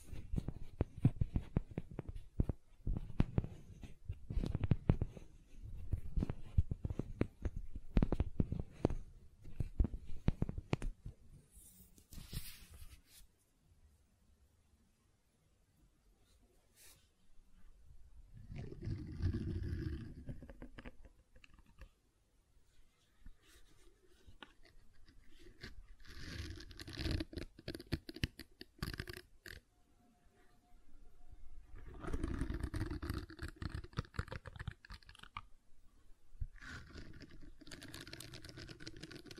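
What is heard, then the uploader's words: Gentle silicon sounds: a quick run of soft taps and clicks fills the first ten seconds, then a quiet pause. After that come slower, thicker squishing and rubbing passages in bursts, with a faint thin tone briefly around the thirty-second mark. ASMR Gentle Silicon Sounds for Sleep (No Talking).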